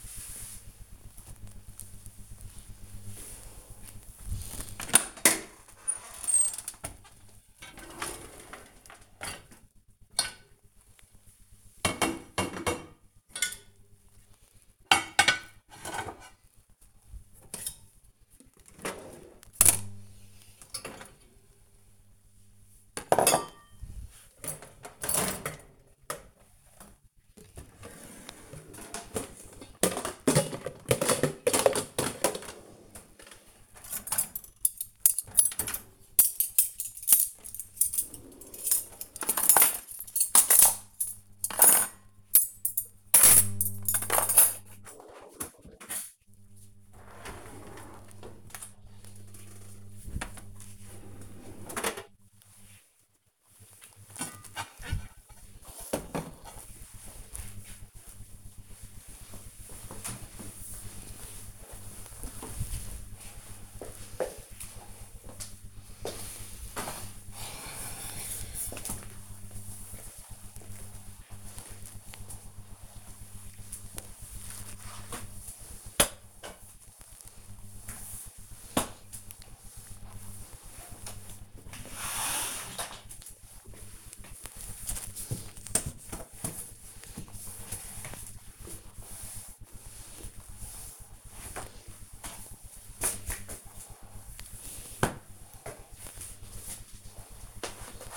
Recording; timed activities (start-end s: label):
household activities, microphone on the right wrist
4.96-50.08 s: cleaning out the dishwasher
66.15-98.17 s: floor cleaning